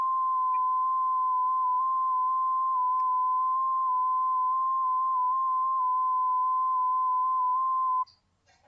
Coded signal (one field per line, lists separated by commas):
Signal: FT8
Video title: INSTALATION HARDWARE & SOFTWARE DIGIMODE AMATEUR RADIO STATION